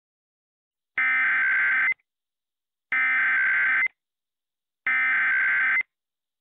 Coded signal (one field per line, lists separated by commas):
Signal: Emergency Alert System (SAME) tones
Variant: header bursts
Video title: EAS Scenario - Category 6 (Part 2)